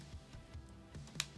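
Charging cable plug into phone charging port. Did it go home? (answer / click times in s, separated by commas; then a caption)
yes / 1.2 s. After the iPhone X's charging port and the cable tip are cleaned with a cotton tip and alcohol wipe, the charging cable plug is pushed into the port over a low tonal hum and a few soft taps. It clicks home with a sharp, bright click at 1.2 s, showing the plug is seated and that the port is now clean.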